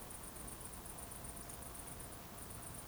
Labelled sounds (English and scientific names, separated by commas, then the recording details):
Eurasian Woodcock (Scolopax rusticola) whistle
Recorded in Baden-Württemberg, Germany, on 24 June 2020 at 20:40 UTC
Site 14569, 102 m above sea level